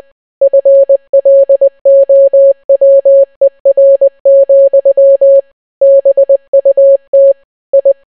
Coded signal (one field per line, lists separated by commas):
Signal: Morse code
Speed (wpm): 20 wpm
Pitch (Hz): 550 Hz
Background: none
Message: FLOWER, BUT I